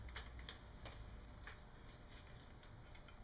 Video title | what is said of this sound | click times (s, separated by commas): Installing ATI stock on Ruger 10/22 | Locks into place. | 0.5 s